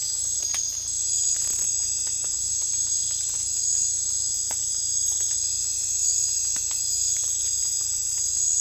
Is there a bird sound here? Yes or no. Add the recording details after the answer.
no. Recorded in secondary vegetation near Puerto Asís, Putumayo, Colombia, on 16 December 2024 at 03:00. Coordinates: 0.499, -76.323. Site G010